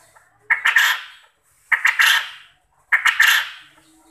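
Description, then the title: Quail producing three coarse, buzzy double- or triple-note calls at a steady pace of about one every one and a quarter seconds. Quail call used as a lure to make quail answer and call actively. "Burung Puyuh Mana Yang Tidak Nyaut Dan Gacor Dengan Pancingan Ini"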